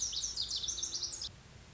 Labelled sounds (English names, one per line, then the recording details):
Lazuli Bunting
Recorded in Sonoma County, California